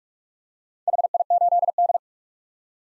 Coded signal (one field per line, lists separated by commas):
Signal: Morse code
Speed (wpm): 47 wpm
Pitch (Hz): 700 Hz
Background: none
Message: HI8D